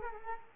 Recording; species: mosquito wingbeat signal from an infrared sensor; Culex quinquefasciatus